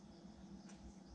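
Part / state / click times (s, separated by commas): small plastic parts onto an RC car assembly / not seated / none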